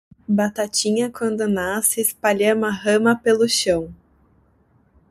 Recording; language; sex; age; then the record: short text; Brazilian Portuguese; female; 30 to 39 years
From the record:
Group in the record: control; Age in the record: 30 years